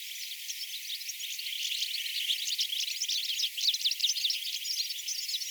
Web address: paivat 23 9 2024 siella siemenpellolla oli kuutisenkymmenta tiklia